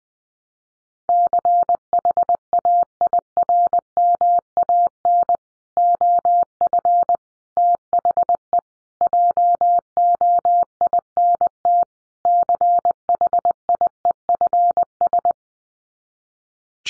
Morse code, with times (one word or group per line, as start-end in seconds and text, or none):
1.1-5.4 CHAIRMAN
5.8-7.2 OF
7.6-8.6 THE
9.0-11.8 JOINT
12.3-15.3 CHIEFS